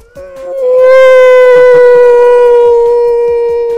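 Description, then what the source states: Dog howl, a long sustained tone held steady and falling slightly for over three seconds, with faint rhythmic ticking beneath. Whole group of sled dogs howling together in the Yukon, likened to a choir as the sun came out and they relaxed; howling described as a mood, like joining in singing.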